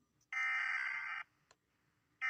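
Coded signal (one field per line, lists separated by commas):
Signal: Emergency Alert System (SAME) tones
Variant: header bursts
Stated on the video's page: Fictional EAS scenario about a U.S. tsunami.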